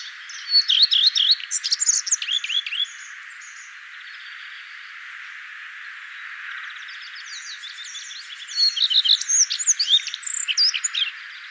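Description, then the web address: Common redstart sings two bursts of rapid, varied twittering with high sweet and scratchy notes, separated by a quiet gap of soft background hiss. "vogelstimmen gartenrotschwanz gesang nabu lars lachmann"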